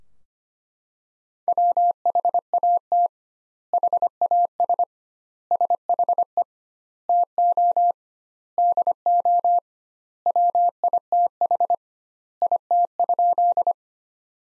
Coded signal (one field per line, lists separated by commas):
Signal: Morse code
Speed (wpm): 25 wpm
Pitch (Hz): 700 Hz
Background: none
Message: WHAT HAS SHE TO DO WITH IT?